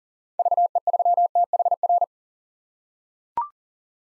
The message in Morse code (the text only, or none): VE3THR